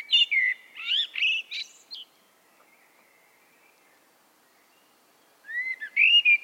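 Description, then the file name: Common blackbird song phrase of rich, fluting whistles with a high scratchy ending, a pause of a few seconds, then a fresh phrase of flute notes begins. "Turdus merula"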